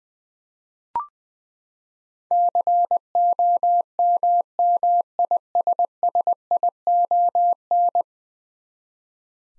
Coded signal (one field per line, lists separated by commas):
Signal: Morse code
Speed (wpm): 20 wpm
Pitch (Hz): 700 Hz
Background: none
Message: COMMISSION